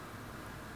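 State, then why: Not seated. A stethoscope chestpiece is being rotated on its stem, heard only as a steady broadband hiss with a low rumble. The part has not clicked into position yet.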